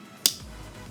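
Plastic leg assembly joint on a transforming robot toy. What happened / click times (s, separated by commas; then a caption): The plastic toy joint clicked into place / 0.3 s. The leg/hip assembly of a plastic Mech Fans Toys Ultra Magnus 2.0 third-party Transformers Legends robot figure is lifted and pushed down until its ratchet joint clicks. A single sharp, bright click sounds at 0.3 s, rising well above a quiet background and fading quickly. The joint is seated in place.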